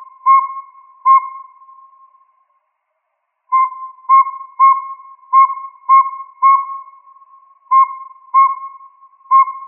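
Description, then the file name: Northern saw-whet owl tooting: two clear whistled notes, a short gap, then a run of repeated mellow toots broken by one brief pause. Recorded in Arizona. "NSWO 1 C deviche"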